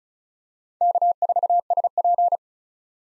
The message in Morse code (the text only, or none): K4SP